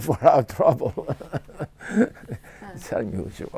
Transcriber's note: laughs